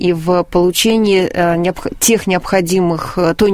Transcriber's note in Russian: none